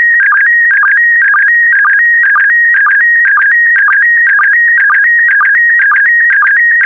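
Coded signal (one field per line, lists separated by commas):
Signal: SSTV (slow-scan television)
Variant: PD120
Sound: warbling electronic tone shifting pitch, with a short low chirp about twice a second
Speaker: complete you can now check your decoded image against the picture that is shown on the video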